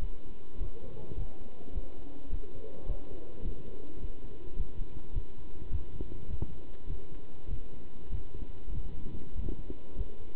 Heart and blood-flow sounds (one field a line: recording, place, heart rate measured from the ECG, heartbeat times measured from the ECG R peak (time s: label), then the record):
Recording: heart sounds by stethoscope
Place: between the tricuspid and mitral areas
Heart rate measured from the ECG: 103 bpm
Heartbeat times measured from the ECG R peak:
0.01 s: heartbeat
0.59 s: heartbeat
1.16 s: heartbeat
1.73 s: heartbeat
2.30 s: heartbeat
2.87 s: heartbeat
3.43 s: heartbeat
4.00 s: heartbeat
4.57 s: heartbeat
5.13 s: heartbeat
5.71 s: heartbeat
6.28 s: heartbeat
6.88 s: heartbeat
7.49 s: heartbeat
8.10 s: heartbeat
8.73 s: heartbeat
9.35 s: heartbeat
9.96 s: heartbeat
From the record:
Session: pedaling a stationary bicycle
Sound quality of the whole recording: good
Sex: male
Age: 27 years